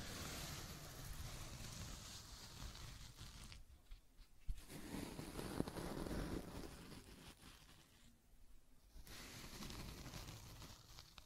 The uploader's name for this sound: Scratching and Tracing Sounds